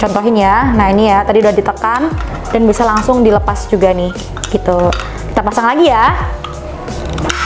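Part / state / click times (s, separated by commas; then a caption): plastic attachment into food processor / seated / 7.3 s. A plastic attachment is fitted back onto a Vienta food processor after being released by pressing its recess, and it clicks into place at 7.3 s. Someone talks throughout, with faint background music and light plastic handling sounds. The attachment is seated.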